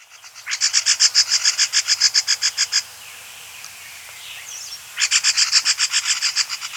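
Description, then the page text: Rusty-cheeked scimitar babbler chattering, two bursts of rapid rasping notes separated by a two-second pause, with faint softer calls in between. "Rusty-Cheeked Scimitar Babbler Chattering Call Sound Effect. Quick Sounds"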